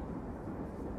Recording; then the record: background sound without coughing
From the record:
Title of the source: Train Ride Ambience ambient white noise for sleeping, focus, studying, reading